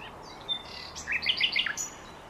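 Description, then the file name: Common nightingale: a short songbird phrase of quick twittering notes. "Luscinia megarhynchos"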